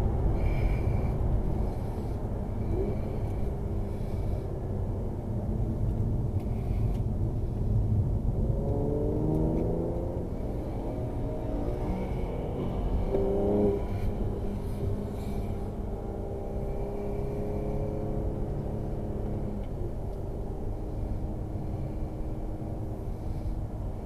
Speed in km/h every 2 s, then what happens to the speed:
93, 72, 52, 48, 54, 63, 70, 70, 72, 74, 75, 75.
0-6 brakes to 48. 7-13 speeds up to 70. 13-24 steady at about 74.